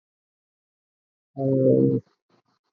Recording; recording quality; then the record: sustained vowel as in boot; excellent, no background noise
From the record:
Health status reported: respiratory illness, not identified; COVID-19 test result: negative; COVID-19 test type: RT-PCR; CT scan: not taken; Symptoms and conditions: cough, fever, muscle pain, another respiratory illness, another condition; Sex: female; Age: 27 years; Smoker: no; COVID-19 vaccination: both doses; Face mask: worn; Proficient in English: yes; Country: India